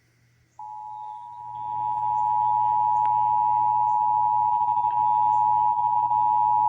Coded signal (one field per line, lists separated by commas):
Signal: Emergency Alert System (SAME) tones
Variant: 853 and 960 Hz attention tone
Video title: (EAS #728-735) September 2024 Texas Required Monthly Test